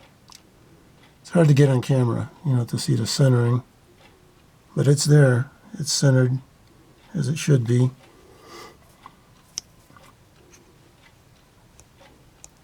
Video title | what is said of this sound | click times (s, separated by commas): Rough Ryder long rifle toothpick knife | got a nice half step to it nice click | 9.6 s, 12.4 s